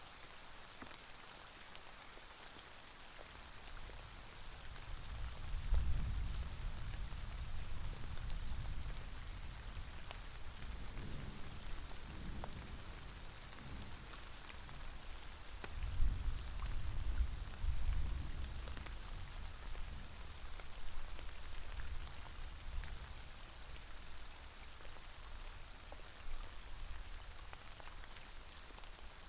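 Steady rain patters on leaves in a passing thunderstorm, a dense, even hiss with scattered sharper drops. Low rolls of thunder rumble underneath, swelling around six seconds, again near eleven to thirteen, and most strongly around sixteen to eighteen seconds before easing.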